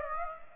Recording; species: mosquito wingbeat signal from an infrared sensor; Aedes aegypti